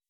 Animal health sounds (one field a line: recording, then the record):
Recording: hydrophone in a shrimp aquaculture tank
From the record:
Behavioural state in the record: weakened